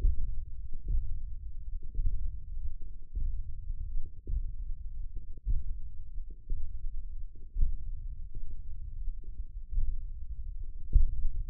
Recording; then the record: forearm muscle sounds (acoustic myography)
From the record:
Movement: index flexion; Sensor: system 1, eight BSWA MPA416 microphones around the upper forearm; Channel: 6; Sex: male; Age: 20 years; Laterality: left